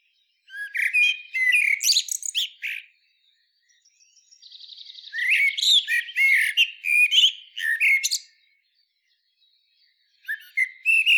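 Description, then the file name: Common blackbird song: rich fluted warbles with scratchy high endings, a soft buzzy trill between phrases, and another phrase starting at the end. "Turdus merula"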